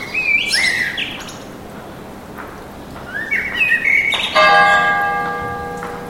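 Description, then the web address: Birds chirping with bright sliding notes, then a steady tone with several layered pitches holding through the last second or two. Birds singing in a park with an urban atmosphere. "sonido de la atmosfera urbana con pajaros cantando en el parque"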